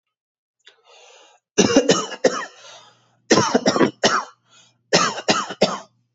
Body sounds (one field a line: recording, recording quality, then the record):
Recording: shallow voluntary cough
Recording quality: moderate, slight background noise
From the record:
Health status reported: healthy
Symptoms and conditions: none ticked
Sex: male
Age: 22 years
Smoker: not ticked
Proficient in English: yes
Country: United States